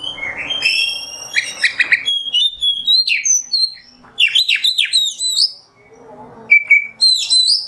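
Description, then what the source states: Oriental magpie-robin song of high, thin whistles and rasping notes, then a burst of quick descending slurs and a few sharp, clear chips near the end. Masteran tutor song of kacer in the nembak style.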